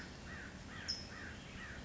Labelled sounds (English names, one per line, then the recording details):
California Towhee
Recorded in Sonoma County, California